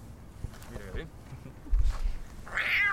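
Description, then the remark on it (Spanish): A cat gives a couple of short, strained meows, the last one a higher, brighter yowl, over a low rumbling background with a bit of voice-like murmur. “¡Ah, me ha mordido un gato!”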